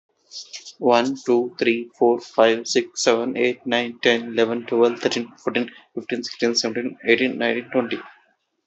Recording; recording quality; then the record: counting at a fast pace; moderate, slight background noise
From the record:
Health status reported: healthy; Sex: male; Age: 23 years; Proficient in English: yes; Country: India